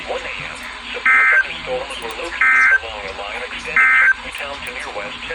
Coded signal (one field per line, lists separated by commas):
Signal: Emergency Alert System (SAME) tones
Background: speech